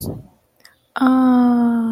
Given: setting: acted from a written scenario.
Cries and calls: vocal sound without words; adoration

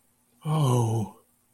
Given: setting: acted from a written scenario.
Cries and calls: vocal sound without words; guilt

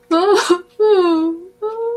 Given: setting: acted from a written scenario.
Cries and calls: vocal sound without words; shame

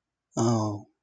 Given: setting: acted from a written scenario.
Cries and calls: vocal sound without words; sadness

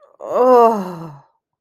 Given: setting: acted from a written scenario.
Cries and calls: vocal sound without words; embarrassment

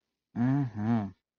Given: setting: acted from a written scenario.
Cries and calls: vocal sound without words; desire

